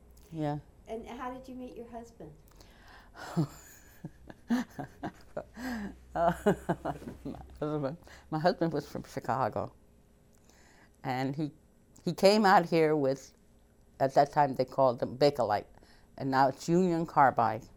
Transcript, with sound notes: Yeah.
And how did you meet your husband?
( she laughs ) My husband was from Chicago, and he, he came out here with, at that time they called them Bakalite, and now it's Union Carbide,